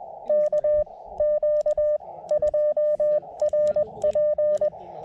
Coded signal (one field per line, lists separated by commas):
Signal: Morse code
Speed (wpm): 20 wpm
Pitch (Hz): 590 Hz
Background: none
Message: KQ2RP